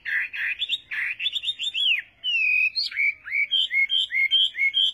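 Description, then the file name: Chinese hwamei song opens with buzzy phrases, then a long slurred whistle and a string of short, clear, repeated whistled notes. "Tieng hoa mi hot"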